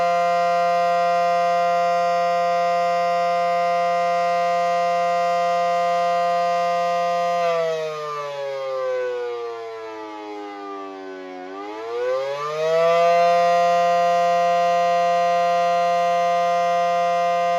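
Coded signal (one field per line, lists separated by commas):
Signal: siren signal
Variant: Federal Signal SD10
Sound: loud steady siren tone with rich harmonics, falling in pitch once then rising back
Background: outdoor ambience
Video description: Siren signal attack for 5 minutes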